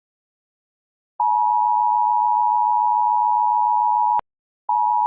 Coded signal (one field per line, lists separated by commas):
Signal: Emergency Alert System (SAME) tones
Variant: 853 and 960 Hz attention tone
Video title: Domestic Corruption - An EAS Mock